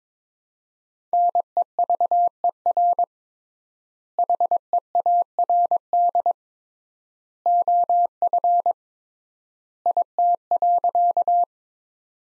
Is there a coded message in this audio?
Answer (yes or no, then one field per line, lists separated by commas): yes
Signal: Morse code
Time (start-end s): 1.1-11.4 s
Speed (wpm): 22 wpm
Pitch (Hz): 700 Hz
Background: none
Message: NEVER HEARD OF IT.